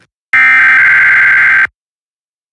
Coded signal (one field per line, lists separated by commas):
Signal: Emergency Alert System (SAME) tones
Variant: header bursts